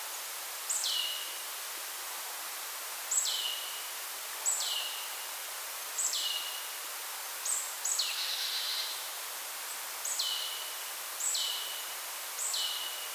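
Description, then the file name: Marsh tit calling repeatedly, each call a high clipped note falling to a lower drawn-out tone, with a rougher burst midway and hiss behind. "Poecile palustris"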